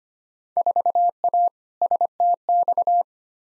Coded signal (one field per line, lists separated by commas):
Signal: Morse code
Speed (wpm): 25 wpm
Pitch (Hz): 700 Hz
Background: none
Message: 4A STX